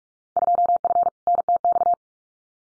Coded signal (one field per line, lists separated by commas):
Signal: Morse code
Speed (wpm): 44 wpm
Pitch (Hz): 700 Hz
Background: none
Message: 2F NTX